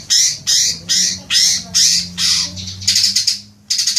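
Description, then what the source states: Leafbird song: harsh, bright squawking notes in a steady series, then a quicker stuttering burst, over a faint low hum. Local name cucak ijo; described as gacor, meaning singing vigorously.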